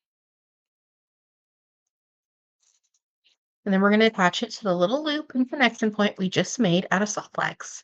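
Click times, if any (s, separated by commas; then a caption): none. A lobster clasp is slid onto an opened 6 mm metal jump ring for a beaded necklace; the ring has not yet been attached to the loop and connection point made of soft flex, and nothing has clicked or closed yet. The first few seconds are nearly silent, with a faint tick around 3.0 s, and then someone talks from about 3.7 s to the end.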